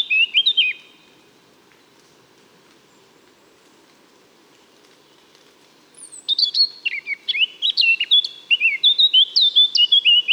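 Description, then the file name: Eurasian blackcap song: a brief warble ending, several seconds of quiet, then a lively run of fluty, varied notes and clear whistles. "Sylvia atricapilla"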